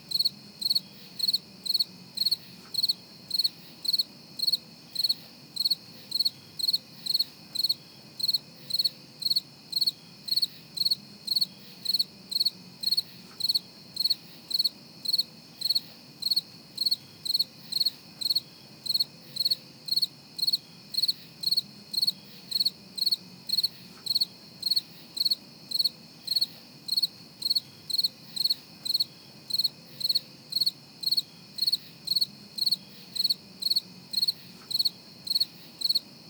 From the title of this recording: Gentle Sounds of the Crickets